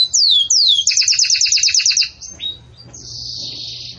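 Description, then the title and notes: Belgian canary song: two downward-sweeping whistles, then a fast series of repeated chirps, ending in a soft high trill. Belgian canary in the 'campainha' (bell) song style, meant for training chicks. "Canto Do Canário Belga Campainha Para Encarte De Filhotes. CANARIO"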